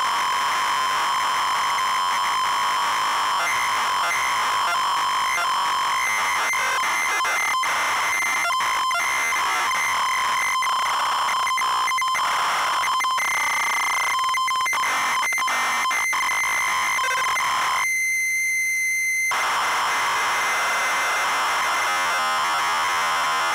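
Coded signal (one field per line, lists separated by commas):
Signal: ZX Spectrum tape loading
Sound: buzzing tone near 1 kHz with harmonics, interrupted by harsh raspy data bursts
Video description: Loading of game Underwurlde on real ZX spectrum +2 with RGB link.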